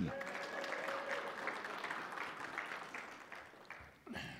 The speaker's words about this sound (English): Let's hear it for Jesus. What a wonderful job. Yeah. That wasn't very much enthusiasm behind that clapping. Let's hear it for him.